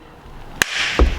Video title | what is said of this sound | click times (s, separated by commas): Mustang GT NEW Wheel Reveal! | a little gap right here but if you squeeze it everything snaps | 0.6 s